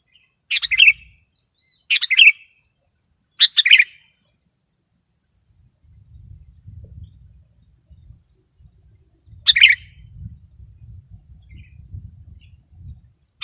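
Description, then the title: Sooty-headed bulbul song: a few brief bubbly phrases, three early, one later and another cut off at the end, with a thin high whine and soft low rumbling between them. "kutilang"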